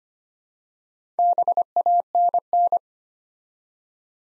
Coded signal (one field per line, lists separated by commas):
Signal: Morse code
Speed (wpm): 25 wpm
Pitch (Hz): 700 Hz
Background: none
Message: BANN